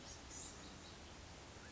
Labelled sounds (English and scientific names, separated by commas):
Blue-gray Gnatcatcher (Polioptila caerulea)